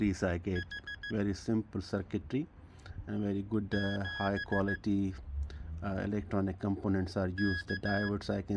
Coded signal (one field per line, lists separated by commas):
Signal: Morse code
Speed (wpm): 15 wpm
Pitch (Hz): 1650 Hz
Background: speech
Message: H 7 K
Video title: Morse Code Tutor - Datong D70 Made in England in 1989s